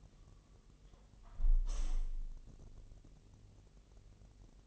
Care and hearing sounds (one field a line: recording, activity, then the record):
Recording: daily activity, microphone in the room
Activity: close window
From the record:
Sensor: 4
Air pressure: 1001.0 hPa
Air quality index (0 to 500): 243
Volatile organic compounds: 41 ppm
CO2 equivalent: 3164 ppm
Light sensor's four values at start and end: 9/20/8/7 and 9/20/8/7